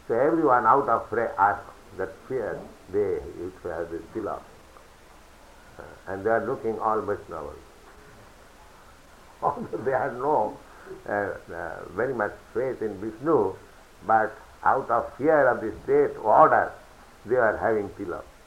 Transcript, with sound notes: So everyone, out of that fear, they used to have this tilaka. And they were looking all Vaiṣṇavas. [laughs] Although they had no very much faith in Viṣṇu, but out of fear of the state orders, they were having tilaka.